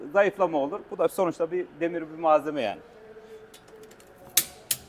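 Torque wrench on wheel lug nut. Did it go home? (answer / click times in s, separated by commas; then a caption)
yes / 4.4 s, 4.7 s. A torque wrench tightens a wheel lug nut until it breaks over at its set torque. Someone talks for the first part of the clip, then after a quieter stretch of ratcheting the wrench gives two sharp clicks at 4.4 s and 4.7 s, confirming it has reached the setting.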